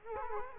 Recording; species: mosquito wingbeat signal from an infrared sensor; Culex quinquefasciatus